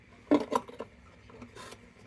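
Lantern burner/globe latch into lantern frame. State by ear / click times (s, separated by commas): not seated / none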